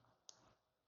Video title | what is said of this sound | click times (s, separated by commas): Cardo Packtalk Edge Instalação e Tutorial - Aprenda a usar! | Também fez um clique. | 0.3 s